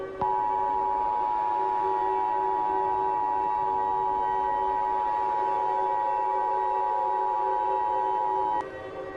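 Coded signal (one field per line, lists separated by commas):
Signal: Emergency Alert System (SAME) tones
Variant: 853 and 960 Hz attention tone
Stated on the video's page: Fictional alien-invasion alert scenario, simulated rather than real.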